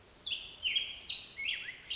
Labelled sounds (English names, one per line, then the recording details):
Black-headed Grosbeak
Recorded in Sonoma County, California